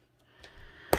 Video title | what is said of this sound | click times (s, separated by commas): Kitting up #fansells Highland Cow | making sure I've got a nice click on that lid we don't want any of these pots coming undone | 0.9 s